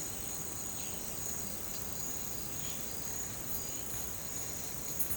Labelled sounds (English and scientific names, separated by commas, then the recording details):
none
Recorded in pastures near Puerto Asís, Putumayo, Colombia, on 22 December 2024 at 10:30
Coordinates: 0.466, -76.322
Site G040